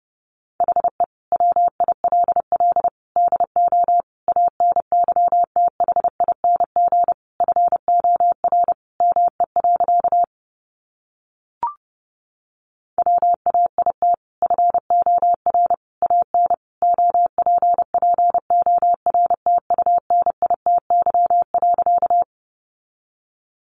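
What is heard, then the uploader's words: Morse code tapped out as a single steady mid-pitched beep, switching rapidly between short dots and longer dashes. The keying runs for about ten seconds, pauses with one brief click near the middle, then resumes for another nine seconds before stopping. First, the words are sent in Morse code. 30wpm.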